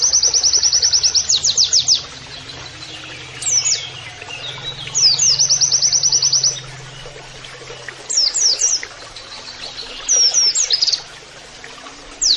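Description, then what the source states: White-eye song of short high trilled bursts and quick slurred notes, separated by quiet gaps. Training audio of a vigorously singing white-eye with canary-like song phrases.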